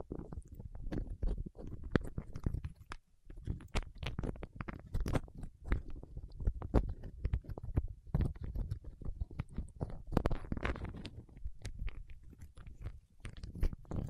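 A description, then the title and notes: Fingertips work through wax in a steady, dense stream of sticky squelches and sharp little clicks and pops. A soft low rumble runs underneath throughout, with no pauses, and the crackling stays busy and irregular for the whole stretch. ASMR with Wax Fingertips for Sleep (No Talking).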